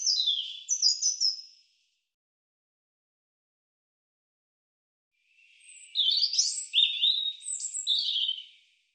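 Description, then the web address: European robin song in two phrases: a quick high tinkling twitter, a silence of about three and a half seconds, then a longer sweet, jumbled warble of sliding high notes. "cianscape birddata Deverinetal Bird Er Ru"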